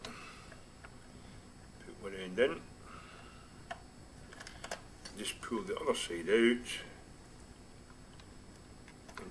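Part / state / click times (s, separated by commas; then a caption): metal wheelset axle into a model coach bogie / seated / 9.2 s. A replacement metal wheelset for a model railway coach is fitted into its bogie: one axle end goes in, then the other side frame is pulled out while someone talks, with small ticks and handling sounds throughout. The other axle end snaps into its bearing with a sharp click at 9.2 seconds, seating the wheelset.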